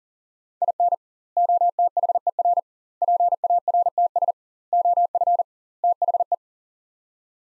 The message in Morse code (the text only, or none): IN OTHER PARTS OF THE